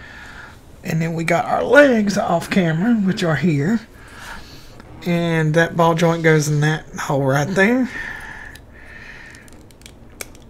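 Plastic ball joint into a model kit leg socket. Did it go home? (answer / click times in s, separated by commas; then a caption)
yes / 10.2 s. Someone talks while pushing the ball joint of a plastic Xiahou Yuam Tallgeese model-kit leg into its socket hole. After the talking stops, there is quiet handling, then a sharp small pop at 10.2 s as the ball joint seats in the socket.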